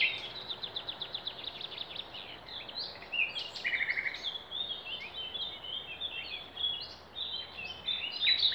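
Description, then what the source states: Songbird chorus opening with a fast repeated series of high notes, then a dense tangle of warbles and chirps from many birds. Wild songbirds singing in Demerje forest, 28 April 2020.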